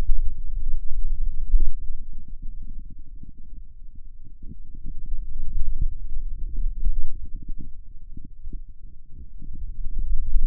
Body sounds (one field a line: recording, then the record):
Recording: forearm muscle sounds (acoustic myography)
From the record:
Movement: finger pinch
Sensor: system 2, bracelet of six BSWA MPA416 microphones around the upper forearm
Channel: 5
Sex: male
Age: 22 years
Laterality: right